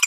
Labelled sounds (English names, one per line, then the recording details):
Green-rumped Parrotlet babbling
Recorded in a nest box in Venezuela
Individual 18B25A5